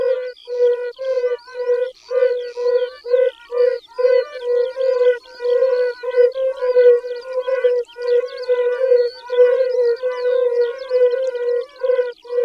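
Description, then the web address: Yellow-bellied toad calling: soft, hollow, tonal notes repeated about twice a second in a steady series. "Tajemnice puszczy Kumak gorski"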